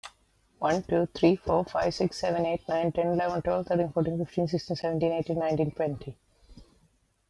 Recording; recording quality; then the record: counting at a fast pace; excellent, no background noise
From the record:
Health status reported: healthy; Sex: female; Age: 37 years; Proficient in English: yes